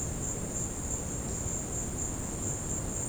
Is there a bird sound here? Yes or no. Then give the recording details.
no. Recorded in dense forest near Puerto Asís, Putumayo, Colombia, on 19 February 2024 at 16:30. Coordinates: 0.486, -76.316. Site G6437